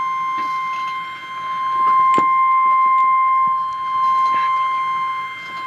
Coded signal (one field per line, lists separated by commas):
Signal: Emergency Alert System (SAME) tones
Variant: 1050 Hz attention tone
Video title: DOUBLE HEADER REAL EAS 300/301-Tornado warning